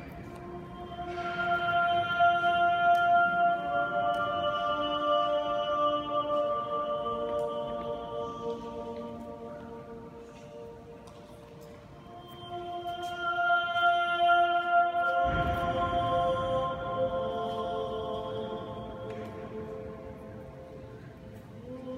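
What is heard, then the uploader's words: Sounds from inside a building in Pisa: long, layered ringing tones hang and overlap as if sung into a strong echo. They swell early, fade toward ten seconds, then build again, with the chord shifting around fifteen seconds over a low murmur. The sounds from in side PISA.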